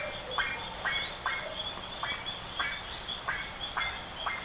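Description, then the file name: Bird calls: short harsh notes repeated about twice a second, each a brief buzzy burst, over a constant high-pitched drone with faint chirps above. "SABIOD 50 bird 2015"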